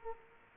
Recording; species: mosquito wingbeat signal from an infrared sensor; Aedes aegypti